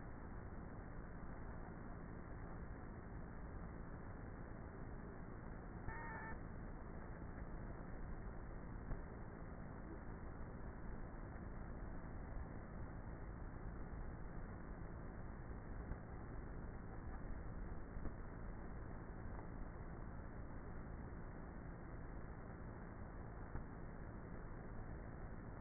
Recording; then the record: honeybee colony, microphone inside the hive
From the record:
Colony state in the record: queenless with a low population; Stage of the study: before two queens were removed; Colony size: about 30,000 bees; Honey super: no